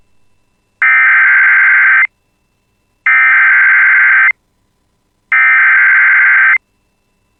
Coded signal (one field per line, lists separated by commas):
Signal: Emergency Alert System (SAME) tones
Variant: header bursts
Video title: [EAS] Second Severe Thunderstorm Watch of the Day for the Bemidji Area (6/10/2026)